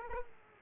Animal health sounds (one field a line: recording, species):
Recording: mosquito wingbeat signal from an infrared sensor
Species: Aedes aegypti